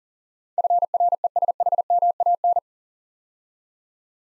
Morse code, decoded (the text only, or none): FRESHMAN